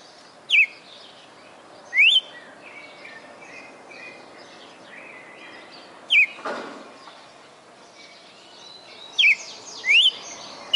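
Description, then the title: Red-cowled cardinal song: sharp, rising whistled notes given singly at irregular gaps, several close together near the end, with a soft thud midway and faint chirping behind. Female bird; Fortaleza, Ceará, Brazil; local name galo-de-campina. "Canto Galo Campina Fêmea. Galo de Campina Fortaleza-CE"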